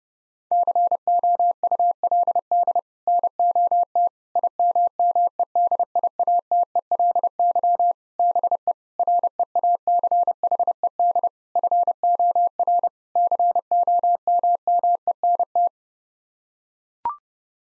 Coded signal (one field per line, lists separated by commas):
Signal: Morse code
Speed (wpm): 30 wpm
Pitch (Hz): 700 Hz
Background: none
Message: COULD NOT IMMEDIATELY BE REACHED FOR COMMENT